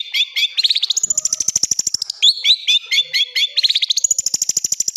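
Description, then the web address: Long-tailed shrike song with quick paired chirps alternating with long, fast, high rattling trills. Full song with 'tembakan' bursts, a master recording for training birds. "cendet full tembakan. masteran cendet"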